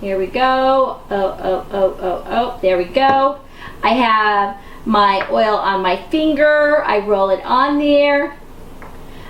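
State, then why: Seated. Someone talks, then a plastic roller-ball insert is pushed and twisted into the neck of a glass roller bottle. A short, sharp snap at 8.8 s shows the insert is seated.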